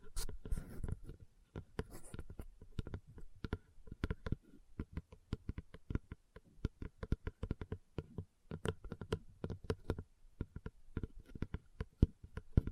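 Fingers tap and scratch on leather in a quick, uneven stream of short dry knocks, several per second throughout. Some brief brushing scrapes appear near the start and around two seconds, with quiet gaps between bursts and a few sharper, louder taps later on.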